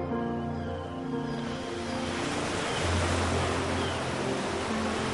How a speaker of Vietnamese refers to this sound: Sóng ngoài kia vẫn xô bờ, đã là vậy và ngàn năm sau vẫn sẽ xô bờ.